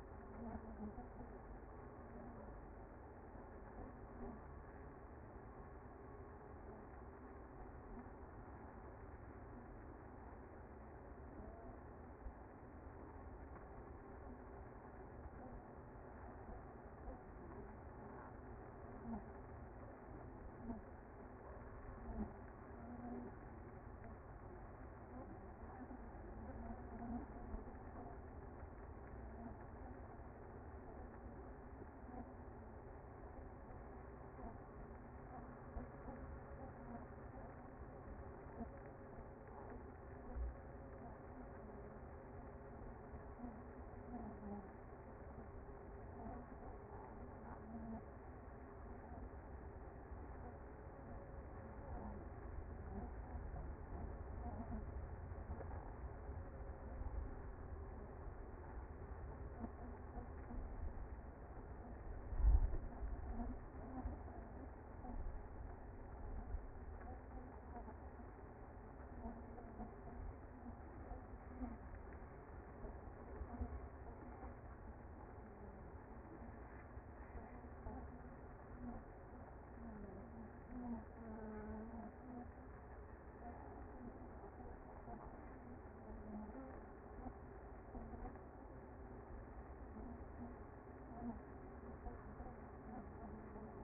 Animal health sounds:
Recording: honeybee colony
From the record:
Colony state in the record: active

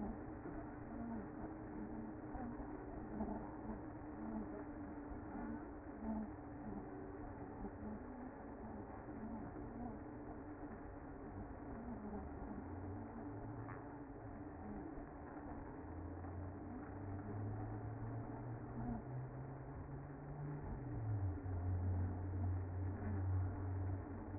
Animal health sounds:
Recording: honeybee colony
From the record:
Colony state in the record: active

